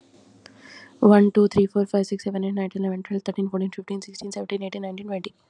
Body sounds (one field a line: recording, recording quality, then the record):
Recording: counting at a fast pace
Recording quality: excellent, no background noise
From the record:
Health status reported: COVID-19 positive, moderate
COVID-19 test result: positive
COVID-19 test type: RT-PCR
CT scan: not taken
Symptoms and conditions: cough, cold, breathing difficulty, fever, muscle pain, loss of smell and taste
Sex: female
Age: 27 years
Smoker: no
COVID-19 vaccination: both doses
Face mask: not worn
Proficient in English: yes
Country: India